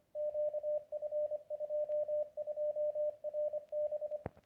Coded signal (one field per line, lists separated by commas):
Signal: Morse code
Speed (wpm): 25 wpm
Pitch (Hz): 600 Hz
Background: radio noise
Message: QF22RB